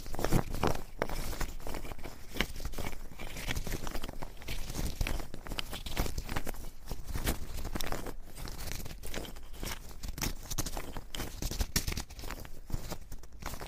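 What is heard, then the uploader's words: Wood scraping runs the full length as a dense, rough rasp with no real pauses. Short strokes repeat quickly and unevenly, each one a crackly burst with some low thump beneath. Loudness stays fairly even, with a few sharper snaps around the middle and end. This episode is Wood Scraping.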